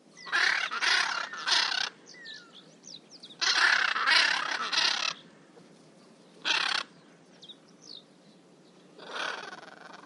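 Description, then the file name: Hyacinth macaw giving loud, harsh squawks in several bursts separated by pauses, with faint higher chirps between them. "Golosa ptic Giacintovyj ara Anodorhynchus hyacinthinus"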